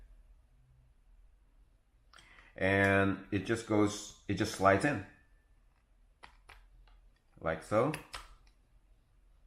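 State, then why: Not seated. A plastic mount for a DJI Osmo Pocket gimbal camera is slid into a plastic chest-harness holder while someone talks, with a few faint clicks and knocks of handling around 6.2 to 6.9 seconds. The mount is handled but not yet home, and nothing has snapped or seated yet.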